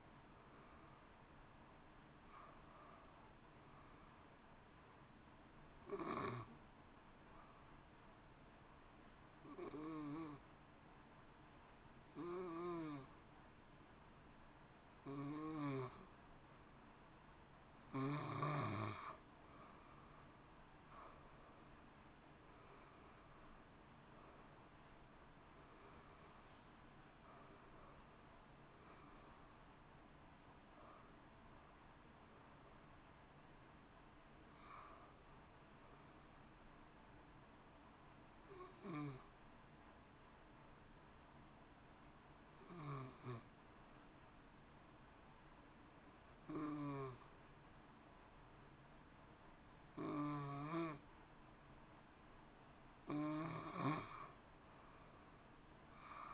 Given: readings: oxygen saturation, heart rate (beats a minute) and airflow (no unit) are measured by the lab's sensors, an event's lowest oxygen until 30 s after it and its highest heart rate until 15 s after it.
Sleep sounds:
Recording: breathing in sleep by a voice recorder at the bedside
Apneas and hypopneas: 2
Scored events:
6.00-18.50 s: hypopnea (N1, oxygen 93% highest, then 85% lowest)
36.00-52.20 s: hypopnea (N1, oxygen 93% highest, then 86% lowest)
From the record:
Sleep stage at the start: N1 (lightest sleep)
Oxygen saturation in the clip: 85 to 93%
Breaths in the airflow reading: 16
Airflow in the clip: -1.9 to 2.7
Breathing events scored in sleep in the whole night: 328 in 6.3 hours asleep

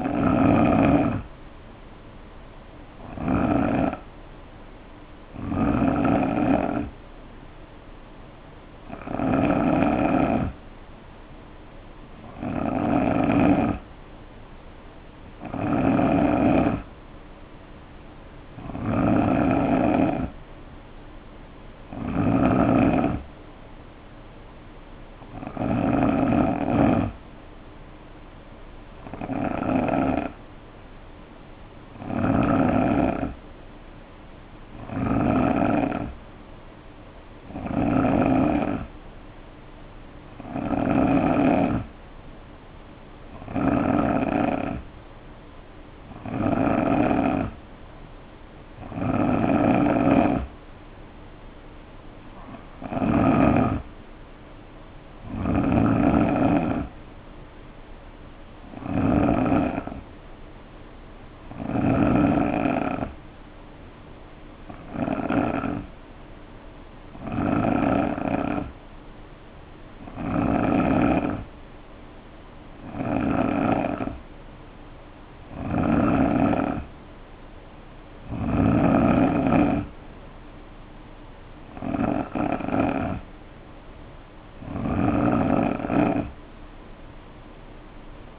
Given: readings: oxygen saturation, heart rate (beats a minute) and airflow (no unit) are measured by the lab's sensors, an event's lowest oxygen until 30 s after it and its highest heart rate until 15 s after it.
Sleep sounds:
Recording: breathing in sleep by a voice recorder at the bedside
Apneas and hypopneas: 1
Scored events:
30.00-60.00 s: new sleep stage, N3 (deep sleep)
60.00-88.39 s: new sleep stage, N2 (light sleep)
61.00-79.90 s: hypopnea (N2, oxygen 90% highest, then 88% lowest, heart rate 65 at the start, 65 highest)
From the record:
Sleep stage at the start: N2 (light sleep)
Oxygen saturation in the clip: 88 to 91%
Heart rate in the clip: 60 to 68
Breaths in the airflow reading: 30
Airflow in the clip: -4.7 to 3.4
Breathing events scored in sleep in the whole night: 520 in 7.2 hours asleep

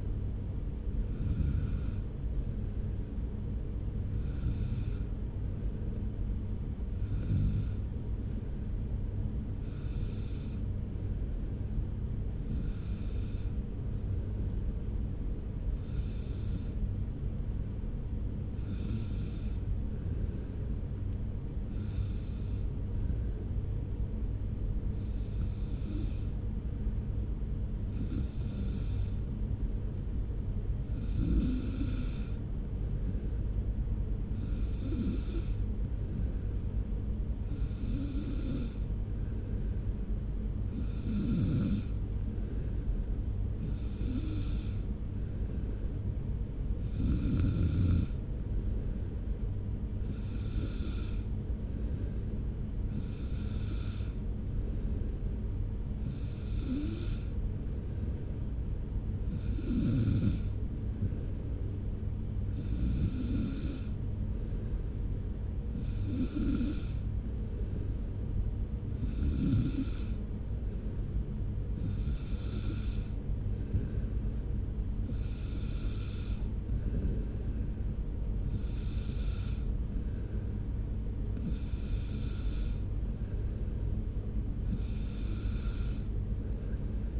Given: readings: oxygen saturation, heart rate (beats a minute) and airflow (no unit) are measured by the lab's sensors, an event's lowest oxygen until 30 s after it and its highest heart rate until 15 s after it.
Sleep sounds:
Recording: breathing in sleep by a smartphone at the bedside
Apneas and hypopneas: 1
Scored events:
3.00-36.60 s: hypopnea (N1, oxygen 96% highest, then 92% lowest)
76.00-87.20 s: new sleep stage, N2 (light sleep)
From the record:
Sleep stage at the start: N1 (lightest sleep)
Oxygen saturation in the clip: 92 to 96%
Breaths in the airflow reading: 28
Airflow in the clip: -0.9 to 1.2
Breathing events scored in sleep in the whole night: 335 in 6.7 hours asleep

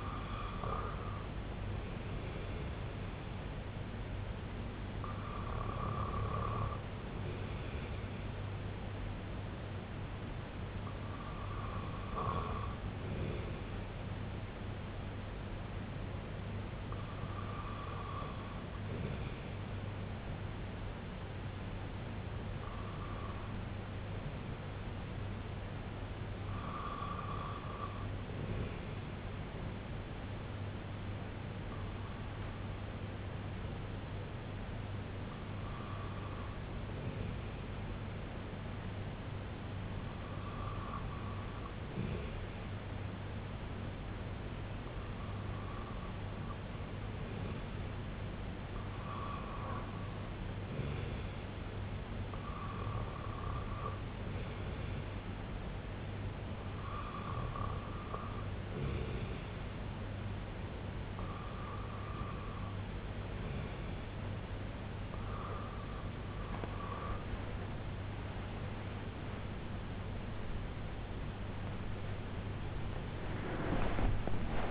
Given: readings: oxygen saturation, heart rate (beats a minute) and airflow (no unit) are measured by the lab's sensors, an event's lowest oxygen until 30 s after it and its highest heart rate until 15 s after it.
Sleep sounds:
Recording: breathing in sleep by a voice recorder at the bedside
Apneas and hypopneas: 1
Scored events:
27.00-50.00 s: hypopnea (REM, oxygen 97% highest, then 95% lowest, heart rate 66 at the start, 69 highest)
64.00-74.71 s: new sleep stage, N1 (lightest sleep)
From the record:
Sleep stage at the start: REM sleep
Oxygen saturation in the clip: 95 to 97%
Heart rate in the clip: 62 to 84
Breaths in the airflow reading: 15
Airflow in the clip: -7.3 to 3.9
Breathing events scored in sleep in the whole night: 258 in 7.4 hours asleep

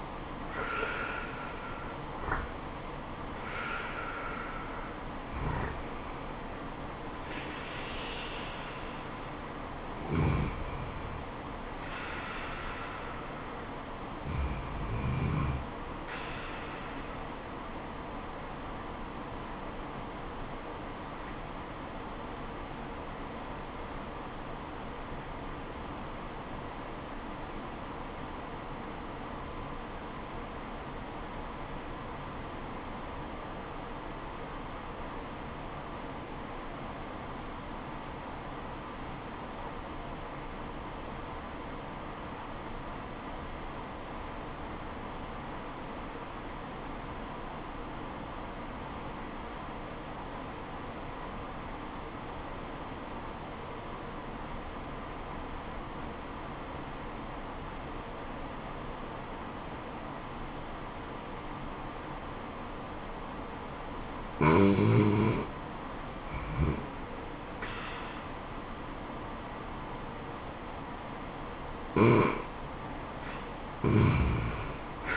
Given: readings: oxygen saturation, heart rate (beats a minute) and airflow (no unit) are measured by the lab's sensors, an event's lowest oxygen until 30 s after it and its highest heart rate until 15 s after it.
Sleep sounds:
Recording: breathing in sleep by a voice recorder at the bedside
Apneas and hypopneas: 1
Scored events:
21.00-66.00 s: obstructive apnea (REM, oxygen 97% highest, then 70% lowest, heart rate 86 at the start, 90 highest)
From the record:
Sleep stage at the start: REM sleep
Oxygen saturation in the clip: 72 to 97%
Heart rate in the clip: 66 to 93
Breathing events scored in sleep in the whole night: 426 in 7.4 hours asleep

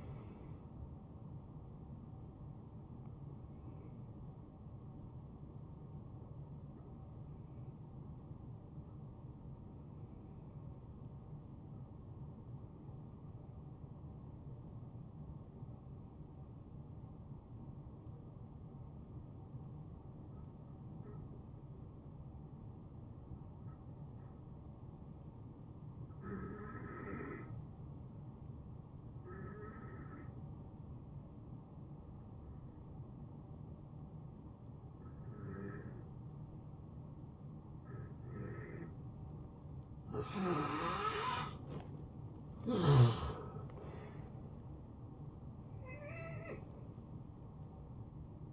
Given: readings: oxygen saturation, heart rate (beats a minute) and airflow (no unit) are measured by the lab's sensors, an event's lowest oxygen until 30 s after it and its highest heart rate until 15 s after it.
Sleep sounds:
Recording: breathing in sleep by a smartphone at the bedside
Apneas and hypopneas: 1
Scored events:
10.00-40.10 s: hypopnea (N2, oxygen 96% highest, then 83% lowest, heart rate 78 at the start, 78 highest)
30.00-48.52 s: new sleep stage, N1 (lightest sleep)
From the record:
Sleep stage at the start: N2 (light sleep)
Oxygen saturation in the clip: 79 to 96%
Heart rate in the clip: 69 to 80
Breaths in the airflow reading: 7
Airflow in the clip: -17.7 to 6.1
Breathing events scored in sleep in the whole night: 263 in 5.5 hours asleep

